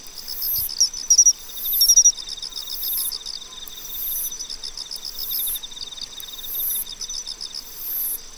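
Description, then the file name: Pine cricket song: short bright chirps early on, among a dense insect chorus of steady pulsed trills and regularly repeating high buzzing bursts. "Matsumushi"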